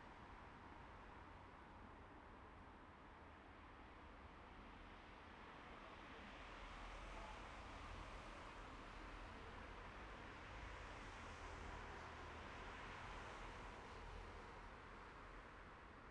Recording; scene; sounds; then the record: everyday scene through a hearing-aid microphone; in traffic; traffic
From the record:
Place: bus stop on a city main road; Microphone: behind the ear, right, rear